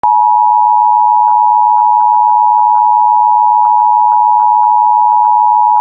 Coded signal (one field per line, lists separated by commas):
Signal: Emergency Alert System (SAME) tones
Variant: 853 and 960 Hz attention tone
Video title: IPAWSCAP EAS Accidental Earthquake Warning for Wildfire Evacuation (07/25/26)